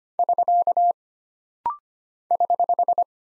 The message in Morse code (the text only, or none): <SK> <HH>